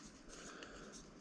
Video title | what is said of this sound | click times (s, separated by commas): EP754 Part 1 1963 Chevy II Nova Station Wagon Build & Review Part 1 of 3 | so I just clicked it in it's kind of a pain | 0.6 s